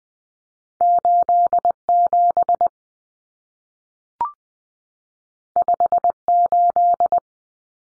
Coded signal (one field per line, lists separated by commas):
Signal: Morse code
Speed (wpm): 20 wpm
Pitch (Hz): 700 Hz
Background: none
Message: 87 58